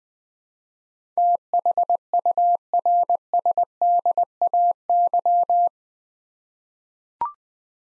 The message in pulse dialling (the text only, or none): none